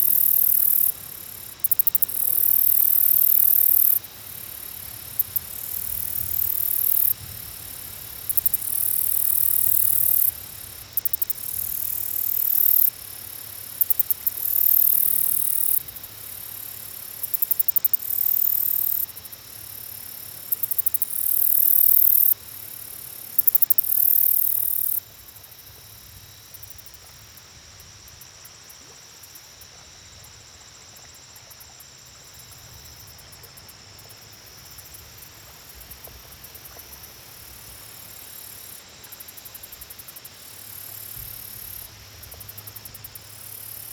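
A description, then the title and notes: Night insects near the water sing in loud, very high, shrill bursts that switch on and off every second or two for the first twenty-five seconds. Then the chorus drops away to a faint steady whine over a soft, low rumble. Nightime Near The Water.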